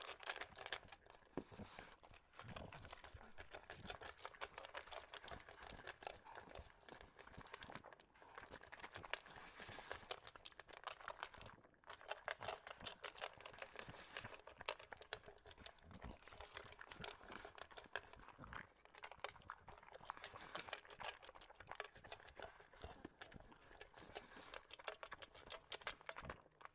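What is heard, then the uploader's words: An English bulldog eats kibble in dense, rapid crunching and clicking bites, broken by brief pauses and snorty, heavy breathing throughout. English Bulldog Eating. The English Bulldog, as he devours his kibble in between classic bulldog snorting and heavy breathing.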